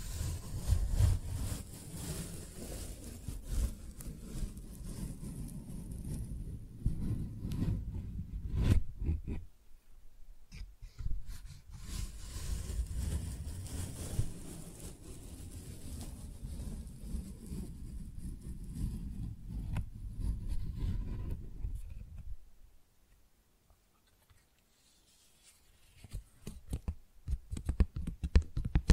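Tingly flower sounds: soft, low crinkling and rustling with crisp ticks, broken by a brief pause near ten seconds and a longer quiet stretch after twenty-two.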